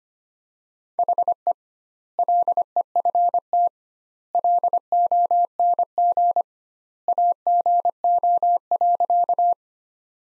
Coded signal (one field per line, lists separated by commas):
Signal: Morse code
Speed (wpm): 25 wpm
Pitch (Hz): 700 Hz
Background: none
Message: HE LEFT LONG AGO.